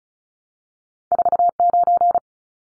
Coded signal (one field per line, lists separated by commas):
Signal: Morse code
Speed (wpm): 36 wpm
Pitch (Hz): 700 Hz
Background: none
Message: 49